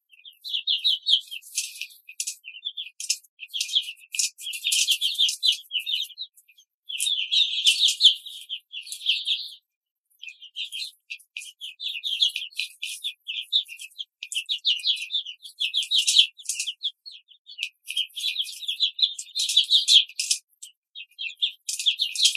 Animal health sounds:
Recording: young laying hens in a cage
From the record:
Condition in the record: control cage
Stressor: none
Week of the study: 5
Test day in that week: 1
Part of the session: 3

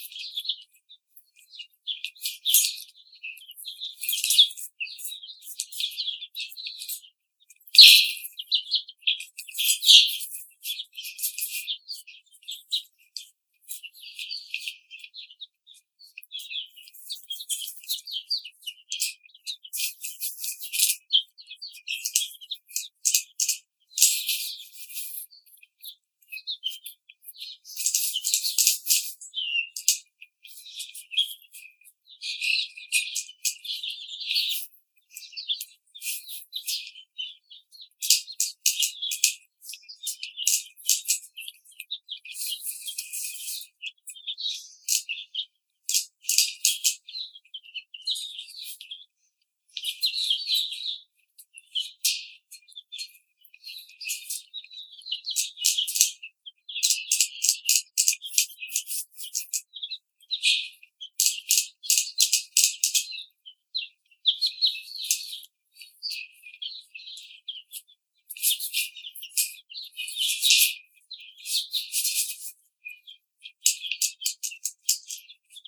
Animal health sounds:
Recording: young laying hens in a cage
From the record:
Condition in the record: treatment cage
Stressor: simulated dog barking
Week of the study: 5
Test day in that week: 1

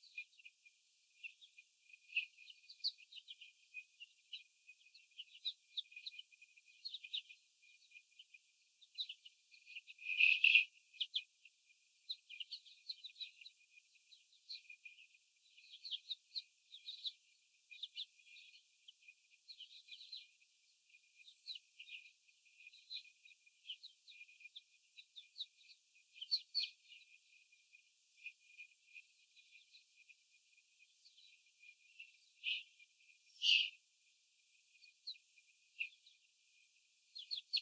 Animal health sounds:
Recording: young laying hens in a cage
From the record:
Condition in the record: after the stressor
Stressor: sudden umbrella opening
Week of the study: 3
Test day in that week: 2

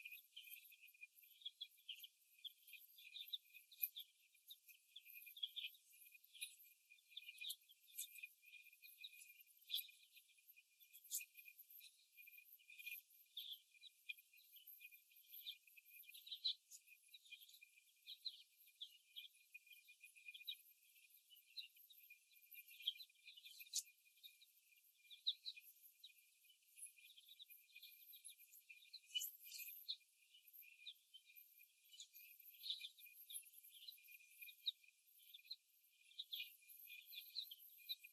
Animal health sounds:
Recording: young laying hens in a cage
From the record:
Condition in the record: after the stressor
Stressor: simulated dog barking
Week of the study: 1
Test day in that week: 1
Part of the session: 2

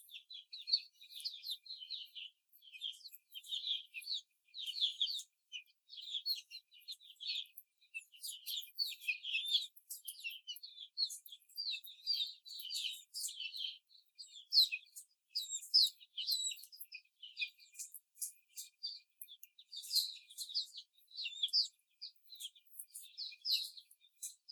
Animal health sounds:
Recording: young laying hens in a cage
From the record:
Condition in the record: before the stressor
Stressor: simulated dog barking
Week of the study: 4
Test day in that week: 2

